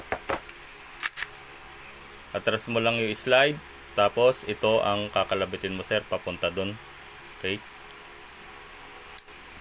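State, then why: Seated. With the magazine out and the slide pulled back on a WE Glock 19 airsoft gas pistol, the small full-auto selector lever inside the slide is flipped toward the full-auto position while someone talks, after a few short knocks early on. A single sharp click at 9.2 s marks the lever locking into place.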